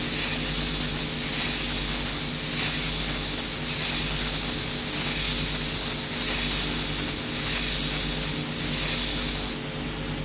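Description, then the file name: Heath grasshopper song: dry, high-pitched rasping in repeated bursts every second or two, with a constant low background hum. "Heidegrashuepfer"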